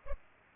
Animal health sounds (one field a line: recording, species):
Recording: mosquito wingbeat signal from an infrared sensor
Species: Culex pipiens